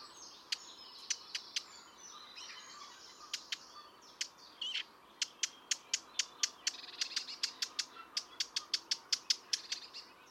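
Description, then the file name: Eurasian blackcap calls: sharp, dry tack notes, irregular at first, then in a quicker, steadier series of several per second. "Sylvia atricapilla"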